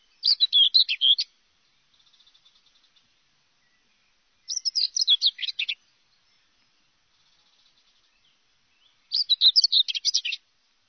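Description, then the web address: Common whitethroat song: three short scratchy, chattering phrases several seconds apart, with faint soft twittering between them. "chants Fauvette grisette"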